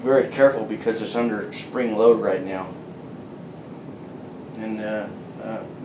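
During reassembly of an M1 Garand rifle, a spring-loaded steel part is handled under spring tension while someone talks, with a steady low hiss underneath. Nothing has seated or clicked yet; the part has not gone home by the end of the clip.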